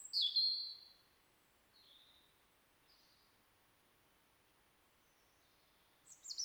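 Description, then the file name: European robin song: a loud, high, sliding warbled phrase, quieter thin notes in the middle, and another phrase starting at the end. "Erithacus rubecula"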